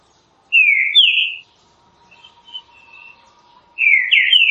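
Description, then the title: Green-winged saltator delivering two loud whistled phrases of descending and rising slurs, separated by a quiet pause with soft notes over a steady low hum. Classic song style (canto clássico) used for training birds. "Canto Clássico Trinca Ferro TREINAMENTO"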